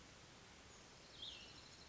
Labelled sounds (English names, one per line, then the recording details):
Cassin's Vireo
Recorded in Sonoma County, California